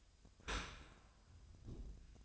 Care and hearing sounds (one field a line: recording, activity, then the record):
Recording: daily activity, microphone in the room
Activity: open dishwasher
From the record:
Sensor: 2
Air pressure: 1004.5 hPa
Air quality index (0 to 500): 115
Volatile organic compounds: 3 ppm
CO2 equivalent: 1398 ppm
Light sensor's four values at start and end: 6/15/6/6 and 6/15/6/6